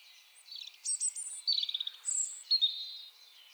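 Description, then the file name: European robin singing a varied phrase with a rapid trill, sliding notes and drawn-out thin whistles, all high-pitched. "Erithacus rubecula"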